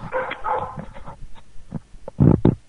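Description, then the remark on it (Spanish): A dog barks and yips, starting with a quick run of higher, whiny barks, then after a short lull two louder, deeper barks close out the moment. “Sí, sí, el perro quiere opinar en las tertulias y tal.”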